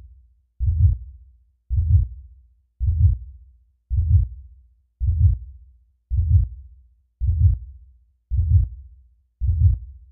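Slow, steady adult heartbeat of deep, low thumps, about 55 beats a minute, each beat fading out before the next. Nine beats in ten seconds with even spacing and no other sound.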